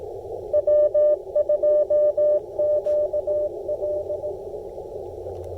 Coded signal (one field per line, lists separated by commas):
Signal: Morse code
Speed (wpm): 17 wpm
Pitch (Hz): 600 Hz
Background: none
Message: W2QL